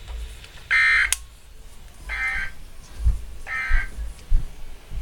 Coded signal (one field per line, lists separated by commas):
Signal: Emergency Alert System (SAME) tones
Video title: (EAS DOUBLE HEADER) EAS's #53 and #54 5/12/14